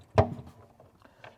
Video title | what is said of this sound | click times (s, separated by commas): Boost Logic R8 Huracan Twin Turbo Kit Install - Part 2 | push it over till you hear it click, and then you'll put the boot over the top. | 0.2 s